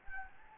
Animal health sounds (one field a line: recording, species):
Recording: mosquito wingbeat signal from an infrared sensor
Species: Anopheles gambiae